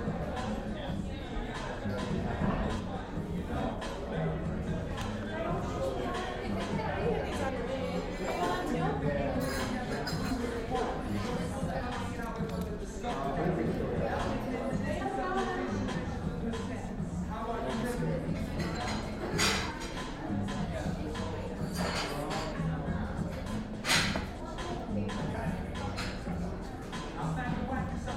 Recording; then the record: background sound without coughing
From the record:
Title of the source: 60 minutes of coffee shop sounds for study and concentration